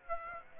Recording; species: mosquito wingbeat signal from an infrared sensor; Aedes aegypti